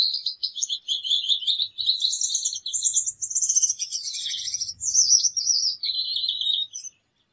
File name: gouldian finch sound